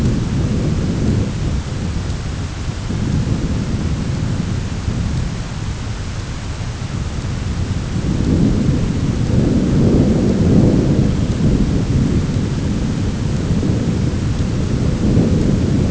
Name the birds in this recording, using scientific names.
none